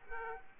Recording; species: mosquito wingbeat signal from an infrared sensor; Aedes aegypti